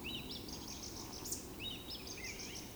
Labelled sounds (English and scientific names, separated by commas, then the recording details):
Eurasian Woodcock (Scolopax rusticola) whistle
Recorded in Baden-Württemberg, Germany, on 28 May 2020 at 19:34 UTC
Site 31917, 145 m above sea level